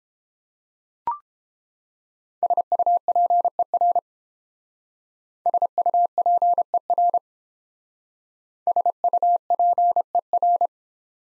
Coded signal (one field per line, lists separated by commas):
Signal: Morse code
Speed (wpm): 29 wpm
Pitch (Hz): 700 Hz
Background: none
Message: SUPER SUPER SUPER